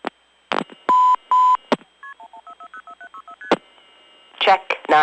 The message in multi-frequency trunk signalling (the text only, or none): KP114404764ST